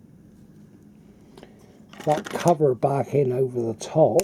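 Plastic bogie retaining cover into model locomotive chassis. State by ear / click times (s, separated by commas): not seated / none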